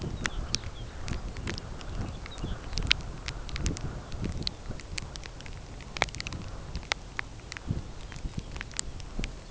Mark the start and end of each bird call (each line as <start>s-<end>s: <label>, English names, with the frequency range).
0.00s-0.90s: Lapland Longspur (2.2-4.5 kHz)
1.23s-2.71s: Lapland Longspur (1.7-5.0 kHz)
3.94s-4.17s: Lapland Longspur (2.7-4.0 kHz)
4.42s-4.64s: Lapland Longspur (2.9-4.1 kHz)
7.87s-9.01s: Lapland Longspur (2.1-4.8 kHz)